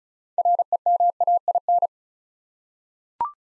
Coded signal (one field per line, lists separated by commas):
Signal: Morse code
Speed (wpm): 36 wpm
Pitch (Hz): 700 Hz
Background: none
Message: REMAIN